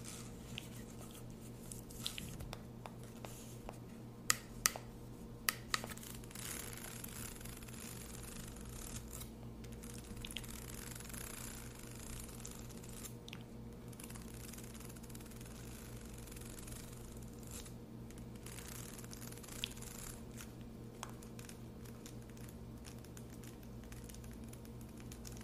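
Quiet mouth sounds with soft wet clicks and chewing-like squishes, plus light tapping and scratching that comes and goes. A few sharper taps stand out around four to six seconds. A steady low hum sits underneath throughout.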